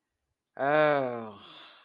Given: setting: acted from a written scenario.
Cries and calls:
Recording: vocal sound without words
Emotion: relief

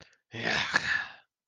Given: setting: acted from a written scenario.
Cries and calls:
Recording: vocal sound without words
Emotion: disgust

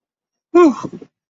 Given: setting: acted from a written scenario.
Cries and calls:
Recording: vocal sound without words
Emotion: relief

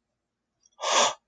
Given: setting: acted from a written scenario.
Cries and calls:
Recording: vocal sound without words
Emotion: awe

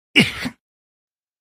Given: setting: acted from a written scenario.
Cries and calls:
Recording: vocal sound without words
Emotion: pain

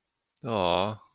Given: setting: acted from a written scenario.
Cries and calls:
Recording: vocal sound without words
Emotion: adoration

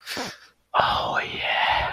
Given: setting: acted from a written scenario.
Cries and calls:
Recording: vocal sound without words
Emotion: desire

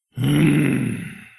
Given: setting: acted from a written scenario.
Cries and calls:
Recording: vocal sound without words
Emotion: anger

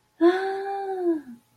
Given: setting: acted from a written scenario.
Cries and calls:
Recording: vocal sound without words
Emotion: elation

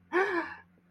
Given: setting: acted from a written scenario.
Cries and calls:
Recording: vocal sound without words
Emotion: negative surprise

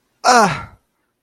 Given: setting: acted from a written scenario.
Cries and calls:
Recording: vocal sound without words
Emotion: disappointment

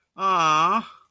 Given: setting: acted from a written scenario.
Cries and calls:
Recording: vocal sound without words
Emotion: adoration

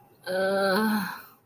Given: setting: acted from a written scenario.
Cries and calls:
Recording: vocal sound without words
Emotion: pain

